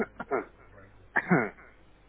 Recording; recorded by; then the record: voluntary cough; telephone call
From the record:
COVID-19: negative